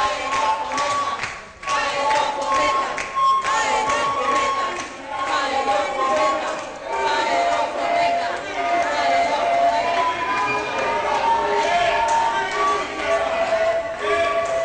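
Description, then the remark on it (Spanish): A crowd loudly shouts the Spanish protest chant "paguen los Fomeca" as a group enters ENACOM, many voices overlapping in a steady, rhythmic roar with raised, strained tones that barely let up across the whole stretch. “Un grupo primero ingresa al grito de paguen los Fomeca.”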